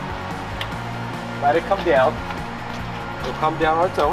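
The tilted steel cab of an Isuzu cab-over-engine truck is being lowered onto its chassis latch while someone talks over a steady low, tonal hum, with one brief sharp tap at 0.6 s. The cab has not yet come down onto its lock, and nothing has latched into place.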